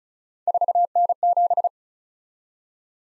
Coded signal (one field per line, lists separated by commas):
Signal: Morse code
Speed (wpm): 36 wpm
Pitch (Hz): 700 Hz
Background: none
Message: 4N7